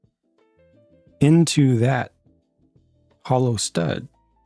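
A plastic brick is handled so its bottom tube can press into the hollow stud of another brick to lock it, while someone talks over a quiet tonal background. A faint tap is heard around 3.1 s, but nothing has seated or clicked yet.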